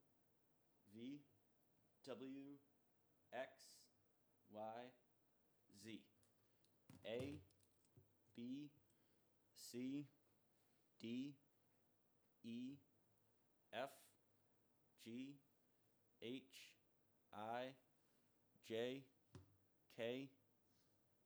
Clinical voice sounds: letters of the alphabet, spoken; free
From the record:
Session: first day, before the bite bar

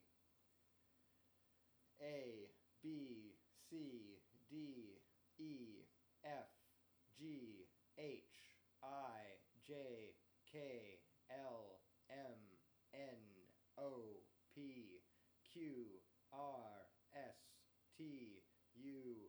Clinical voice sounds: letters of the alphabet, spoken; free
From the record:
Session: first day, before the bite bar

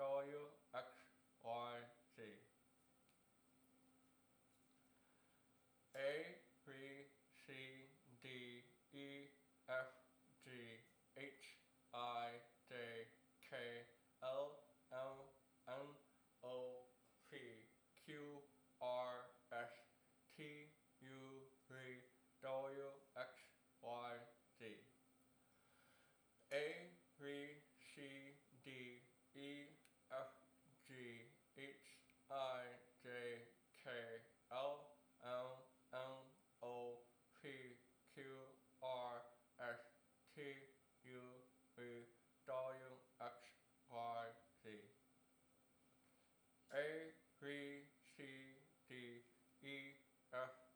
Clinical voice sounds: letters of the alphabet, spoken; constrained by a bite bar between the teeth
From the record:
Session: first day, right after the free take

